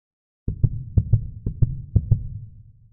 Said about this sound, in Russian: Сердцебиение резонировало в его ушах. Его собственное сердце билось в том же ритме.